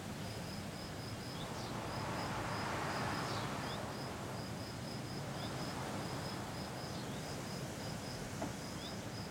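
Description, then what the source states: Cicada producing steady runs of shrill rapid pulses, each burst separated by short gaps, over continuous wind. Single cicada that had been hiding in the garden all week; recorded in a garden on a day of constant mistral wind blowing through a pine tree.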